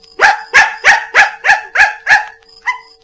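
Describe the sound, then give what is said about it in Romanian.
A dog named Capi tells the time read from a watch, 7:15, by barking: seven evenly spaced, loud, mid-pitched barks in a steady rhythm, then one shorter, softer bark after a brief pause, with no talking. “E într-adevăr ora 7:15. Ce cățel învățat! Grozavă potaie!”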